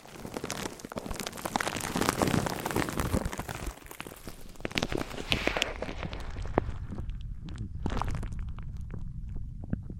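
Materials being handled and rubbed against each other: dense crackling, scraping and tapping fill the first six seconds, with sharp clicks and knocks scattered throughout. After about six seconds the sound thins to duller rubbing and occasional taps over a low rumble.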